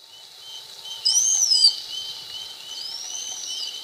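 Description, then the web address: Slaty-backed chat-tyrant uttering a thin, high whistle that rises briefly then falls, followed by a fainter arched note, over steady background noise. Recorded in Ecuador. "Birds of Ecuador. Slaty-backed Chat-Tyrant"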